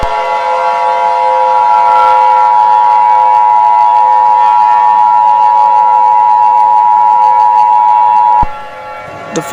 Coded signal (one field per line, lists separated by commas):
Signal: Emergency Alert System (SAME) tones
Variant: 853 and 960 Hz attention tone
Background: speech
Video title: EAS Scenario : Lost Heaven Bird Attack